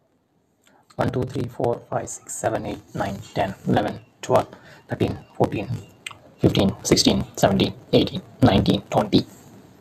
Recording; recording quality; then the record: counting at a normal pace; excellent, no background noise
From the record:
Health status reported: healthy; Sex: male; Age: 50 years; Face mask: not worn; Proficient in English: yes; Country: India